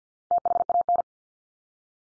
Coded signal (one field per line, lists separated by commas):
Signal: Morse code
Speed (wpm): 50 wpm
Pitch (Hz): 700 Hz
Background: none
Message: THAN